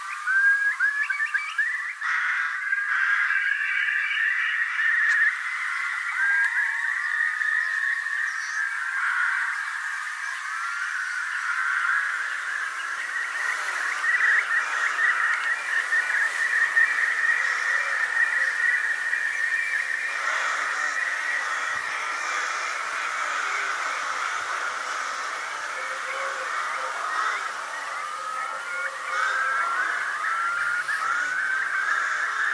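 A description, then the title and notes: A meadow field recording with a thick, unbroken chorus of chirps and trills packed into a bright middle band, steady throughout. Many calls overlap with a slight wash of reverb, and a faint low rumble creeps in after about twelve seconds. Meadow Polyphony. A mix of original field recordings with a touch of reverb.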